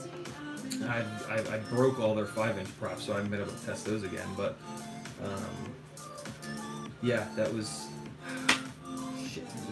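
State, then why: Stripped. A small star-head screw being driven into a 3-inch FPV drone frame strips out, with a sharp metallic tick at 8.5 s. Someone talks over background music in the clip.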